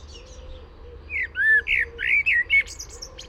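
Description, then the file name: Common blackbird song with a run of warbled, fluting notes swooping up and down, finishing with sharp high squeaks. "Turdus merula"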